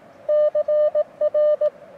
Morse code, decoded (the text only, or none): CR